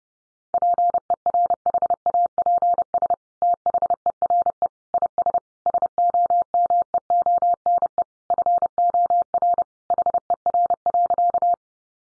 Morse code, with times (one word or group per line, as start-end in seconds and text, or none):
0.5-3.1 PERHAPS
3.4-4.7 THERE
4.9-5.4 IS
5.7-8.0 SOMEONE
8.3-9.6 FOR
9.9-11.5 HER.